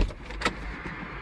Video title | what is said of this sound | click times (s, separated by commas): How to unlock & lock the steering wheel (Renault Espace IV) | There was a click sound | 0.5 s